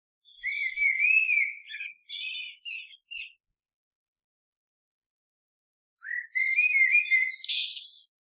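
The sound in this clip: Bird song: a warbled whistle phrase breaking into quick chirps, a pause of a few seconds, then a second rising whistled phrase ending in a buzzy flourish.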